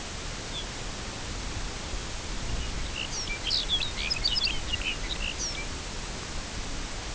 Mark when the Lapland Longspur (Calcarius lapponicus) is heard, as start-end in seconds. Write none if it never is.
0.45-0.69, 2.37-5.76